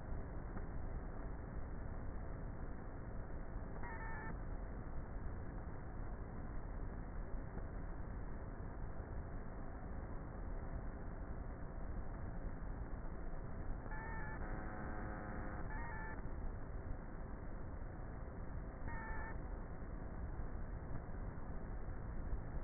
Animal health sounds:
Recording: honeybee colony, microphone inside the hive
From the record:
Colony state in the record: queenless with a low population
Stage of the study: before two queens were removed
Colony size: about 30,000 bees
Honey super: no

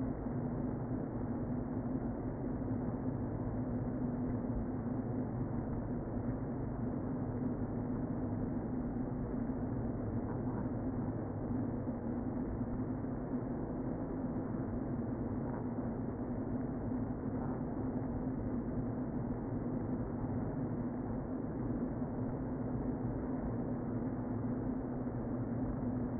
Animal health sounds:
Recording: honeybee colony, microphone inside the hive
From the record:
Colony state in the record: queen present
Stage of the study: before two queens were removed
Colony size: about 60,000 bees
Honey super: yes

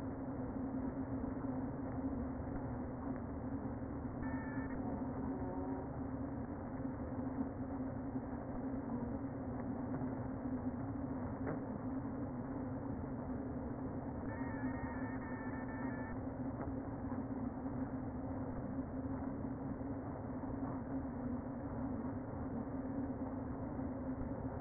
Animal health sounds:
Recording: honeybee colony, microphone inside the hive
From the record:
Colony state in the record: queen present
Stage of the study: before two queens were removed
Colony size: about 60,000 bees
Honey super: yes

